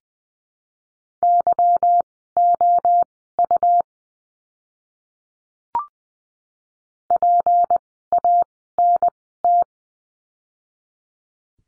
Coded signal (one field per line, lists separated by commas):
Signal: Morse code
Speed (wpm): 20 wpm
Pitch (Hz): 700 Hz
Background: none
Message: YOU PANT